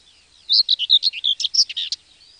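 Common whitethroat song: a single quick, scratchy warble of many rough, jumbled notes lasting about one and a half seconds.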